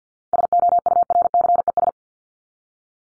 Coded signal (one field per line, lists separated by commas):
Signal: Morse code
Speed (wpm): 50 wpm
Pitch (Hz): 700 Hz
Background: none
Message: SOURCES